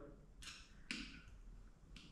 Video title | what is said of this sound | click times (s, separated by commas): DIY Front Fork Seal Replacement Ducati Scrambler 800 & some tools | just make sure it makes a click when it goes to its seat so just push it a little bit to the screwdriver | 0.9 s